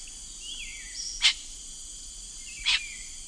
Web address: Natures Songs S America Eastern Lowlands Milvago chimachima, calls